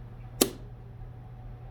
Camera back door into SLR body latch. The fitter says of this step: and you'll want to close it until it clicks